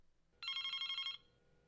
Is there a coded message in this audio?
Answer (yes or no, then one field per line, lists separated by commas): no